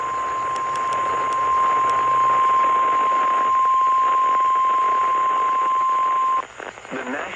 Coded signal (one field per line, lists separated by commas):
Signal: Emergency Alert System (SAME) tones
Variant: 1050 Hz attention tone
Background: speech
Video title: EAS #151 WXM49 Severe Thunderstorm Warning 8/15/24